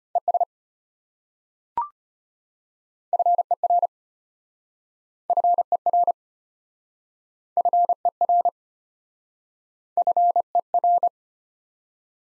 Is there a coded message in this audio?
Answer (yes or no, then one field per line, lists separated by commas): yes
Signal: Morse code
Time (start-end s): 0.2-11.1 s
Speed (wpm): 34 wpm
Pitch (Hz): 700 Hz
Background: none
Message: ES FER FER FER FER